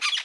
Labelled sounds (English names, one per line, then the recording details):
Brown-throated Parakeet contact call
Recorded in Margarita
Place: San Francisco, near stadium
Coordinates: 11.018, -64.294